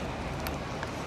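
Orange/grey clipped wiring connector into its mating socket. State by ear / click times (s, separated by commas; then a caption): seated / 0.5 s, 0.8 s. An orange and grey clipped plastic wiring connector is pushed together into its mating socket on a Honda NC750X motorcycle. Sharp clicks sound at 0.5 s and 0.8 s over a steady background noise, and the connector snaps home, fully seated.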